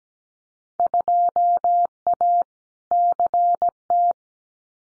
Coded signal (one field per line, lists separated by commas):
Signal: Morse code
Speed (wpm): 17 wpm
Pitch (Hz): 700 Hz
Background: none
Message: 2A CT